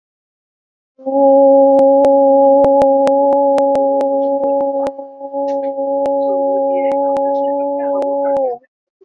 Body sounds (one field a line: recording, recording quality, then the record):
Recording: sustained vowel as in boot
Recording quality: excellent, no background noise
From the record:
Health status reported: recovered from COVID-19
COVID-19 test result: positive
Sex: female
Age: 50 years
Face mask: worn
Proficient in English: yes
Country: India